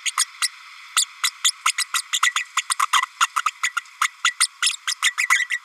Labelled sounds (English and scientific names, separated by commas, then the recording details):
Green-rumped Parrotlet (Forpus passerinus) babbling
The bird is a female
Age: 32 days
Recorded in a nest box in Venezuela
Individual 17B32A5